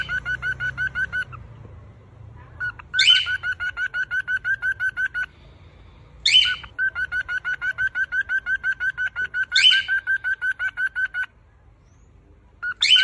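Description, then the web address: Cockatiel calls: long trains of rapid, regular chirps, each train opened by a loud shrill screech, the pattern repeating about every three seconds. Screams of a female and a male cockatiel. "cockatiel. صدای-جیغ-عروس-هلندی-ماده-و-نر"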